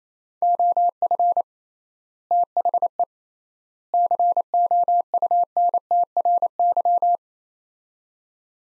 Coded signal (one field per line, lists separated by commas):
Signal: Morse code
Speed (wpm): 28 wpm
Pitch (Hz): 700 Hz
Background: none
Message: OF THE COUNTRY